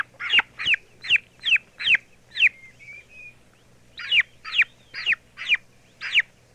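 Turkey chicks calling with loud high descending peeps, then a brief lull with a soft warbling trill before the rapid peeping resumes.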